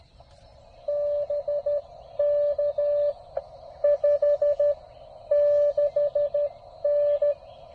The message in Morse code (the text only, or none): BK 56N